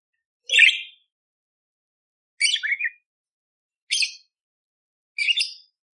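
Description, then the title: Budgerigar with four short scratchy chirps spaced one to two seconds apart, the second note a quick double. Loud, clear chirping (gacor jernih) with rough 'tembakan kasar' fill phrases, used as masteran to train magpie robins (kacer). "Masteran Burung Parkit Gacor Jernih Full Isian Tembakan Kasar Cocok Buat Kacer"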